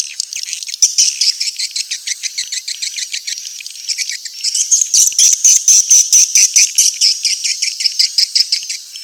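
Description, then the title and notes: Swiftlet calls, rhythmic high chirps pulsing about twice a second, growing louder and denser after the midpoint. Sound used for swiftlet farming in Asia. "Swiflet Bird Sound. Farming Swiflet Bird asia sound"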